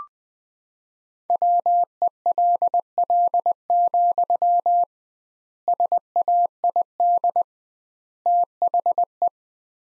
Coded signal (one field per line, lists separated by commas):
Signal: Morse code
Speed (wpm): 20 wpm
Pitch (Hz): 700 Hz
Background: none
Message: WELL, SAID THE